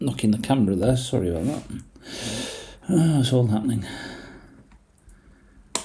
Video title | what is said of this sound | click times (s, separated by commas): MicroBeast Build: Part 2 | there you did hear that click then | 5.8 s